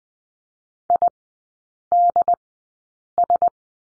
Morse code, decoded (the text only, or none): IDS